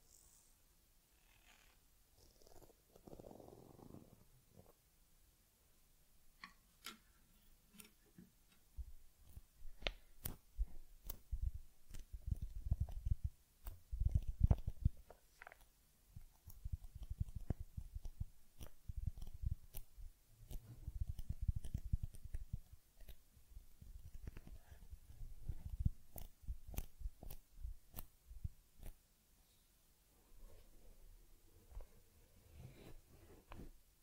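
Teddy gets a head massage, cleansing and fur combing, heard as soft brushing and rubbing in uneven bursts with frequent sharp little ticks and clicks. A brief murmur of sound comes near the start, and quieter pauses break up the handling throughout.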